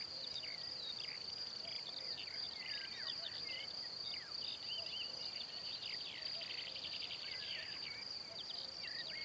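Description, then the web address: Cricket trilling in one unbroken high-pitched drone, while many brief chirpy bird notes overlap beneath it. "Kurs PTTK Przyroda Ptaki Świerszcze"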